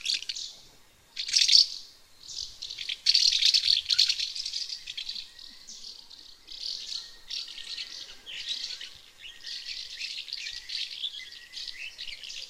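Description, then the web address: House martin twittering, a dense stream of dry, buzzy chirps and rattles, rising and fading in bursts, with short pauses between flurries. Lower Saxony, Germany. "niedersachsen mehlschwalbe"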